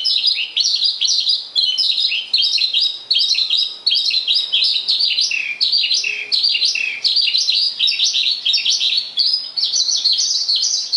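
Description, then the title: Javan bush lark song in short bursts of dense, high twittering, each burst separated by a brief gap, repeated steadily. "Suara Burung Branjangan"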